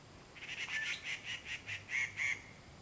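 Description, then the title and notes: Grey treepie giving a run of several harsh, nasal, evenly spaced notes over about two seconds, the last two louder, with a steady high hiss behind. Birds singing on the ground at Puli, Nantou County, Taiwan. "545台灣南投縣埔里鎮成功里種瓜路113號 - 藏機閣的第一聲. Dendrocitta formosae , Birds singing in the ground"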